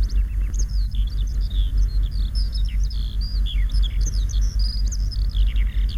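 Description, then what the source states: Eurasian Skylark singing a steady flow of quick, high twittering notes and short whistled slurs, unbroken for the whole stretch, over a low background rumble. Spring; silvery trills pouring in a continuous stream from the distant sky.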